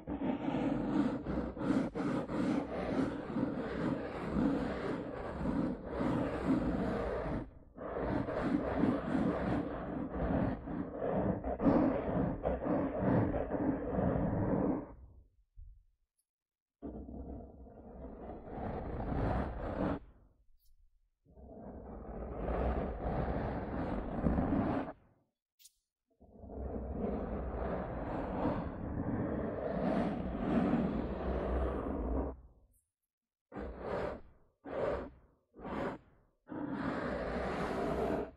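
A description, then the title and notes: Dense scratching and rubbing against skin, like fingers working over a face, with a low rumbling body to the sound. It runs steadily for about fifteen seconds, then breaks into shorter bursts separated by silences, ending with quick brief strokes. ASMR Comfort You to Sleep Face Touching & Scratching (No Talking).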